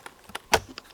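A wheel axle of a running-stroller bike trailer is pushed into its hub mount until the spring clip engages in the notch. A few faint ticks are followed by a sharp, loud click at 0.5 s, with smaller ticks after it. The axle is seated and clipped in.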